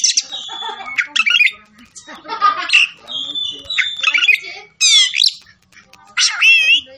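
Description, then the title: Oriental magpie-robin song of buzzy trills, whistled slides and harsh notes in separated phrases, with lower rough sounds mixed in. Kacer fighting song, styled ngotot full tembakan, meant to make a kacer fight. "Kacer Langsung Tarung Konslet KACER NGOTOT FULL TEMBAKAN"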